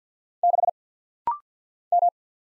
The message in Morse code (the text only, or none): 6 M